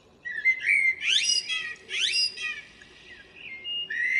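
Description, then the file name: Common blackbird song with loud rising whistled sweeps and harmonic notes against a faint low background hiss. "Turdus merula"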